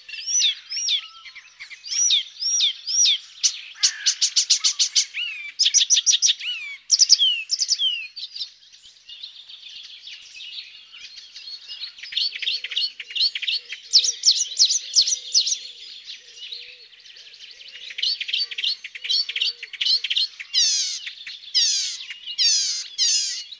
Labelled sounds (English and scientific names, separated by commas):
Icterine Warbler (Hippolais icterina) song